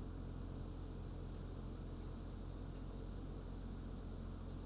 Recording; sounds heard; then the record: poultry house recording; no chicken sound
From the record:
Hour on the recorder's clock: 23